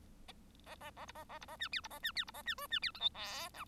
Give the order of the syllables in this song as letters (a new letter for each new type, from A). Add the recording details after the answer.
A A A B A A B A C D B A C D B A C E C D F G H I. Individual Bird1